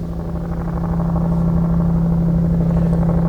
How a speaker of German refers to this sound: Der Hubschrauber ist wieder da.